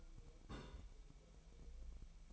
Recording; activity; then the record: daily activity, microphone in the room; place on stove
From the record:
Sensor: 1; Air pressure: 1002.1 hPa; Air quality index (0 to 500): 247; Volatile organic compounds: 51 ppm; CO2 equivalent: 3313 ppm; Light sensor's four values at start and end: 6/13/5/6 and 6/13/5/6